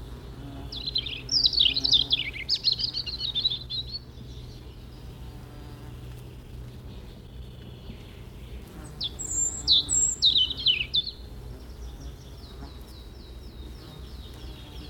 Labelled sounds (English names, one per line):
European Robin song